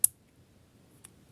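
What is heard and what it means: A magnetic clasp on a rhinestone bracelet is closed and pulls together by itself, snapping shut with a sharp click at 0.0 s. A much fainter tick follows at about 1.1 s. The clasp is seated, fitting together on its own because it is magnetic.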